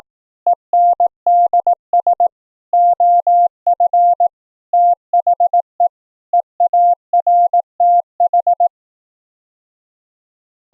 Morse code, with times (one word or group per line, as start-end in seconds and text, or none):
0.5-2.3 ENDS
2.7-4.3 OF
4.7-5.9 THE
6.3-8.7 EARTH